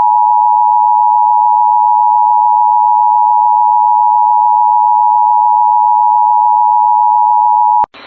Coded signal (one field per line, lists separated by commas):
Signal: Emergency Alert System (SAME) tones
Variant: 853 and 960 Hz attention tone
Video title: Extreme Calamity III: Bloody Tuesday! EAS Alerts from 7/21/2026 (EAS 651-678)